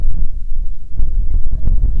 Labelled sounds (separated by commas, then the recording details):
songbird, wind
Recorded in the Prudhoe Bay oil fields, Alaska, on 6 August 2019 at 05:44
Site 22